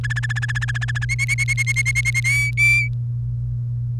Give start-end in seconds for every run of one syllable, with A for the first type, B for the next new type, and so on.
0.04-1.05 A, 1.09-2.20 B, 2.24-2.88 C